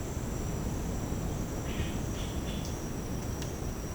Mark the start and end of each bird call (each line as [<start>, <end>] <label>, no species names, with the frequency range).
[1.66, 2.76] bird call (1.5-4.2 kHz)